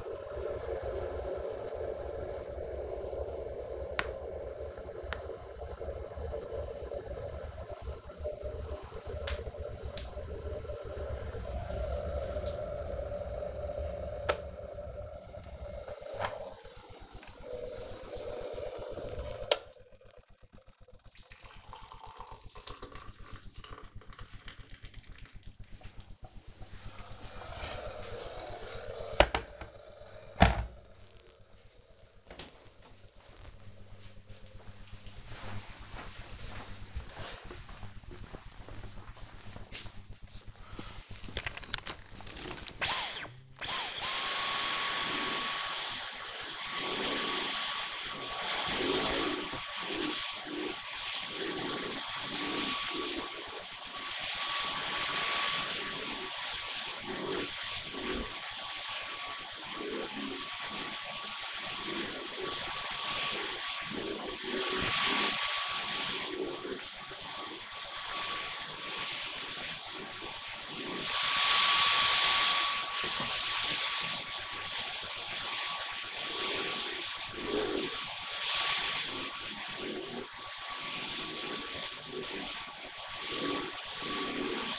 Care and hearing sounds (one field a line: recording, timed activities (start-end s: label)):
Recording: household activities, microphone on the right wrist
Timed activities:
0.00-29.35 s: making tea
39.42-84.78 s: vacuum cleaning